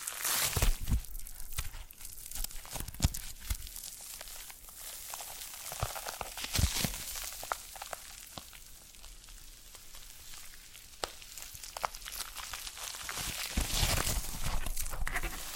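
Foam being massaged gives a steady, bright crinkling and scratching rustle, broken by sharp louder squeaks and pops every few seconds.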